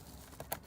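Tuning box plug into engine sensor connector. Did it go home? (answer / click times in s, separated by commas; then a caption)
yes / 0.5 s. A DTUK CRD3+ tuning box plug is pushed onto the engine sensor connector of a BMW 330d, 530d, 335d, 535d or 640d (F30/F10) diesel. A faint tap comes at 0.4 s, then a sharp, bright click at 0.5 s as the connector latches. The plug is seated and clicked into place.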